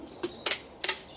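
A metal mouth gag (speculum) fitted on a horse by an equine dentist is ratcheted open. After a softer knock at about 0.2 s, two sharp metallic clicks come at 0.5 s and 0.8 s as the ratchet catches each notch. The gag is left open two clicks.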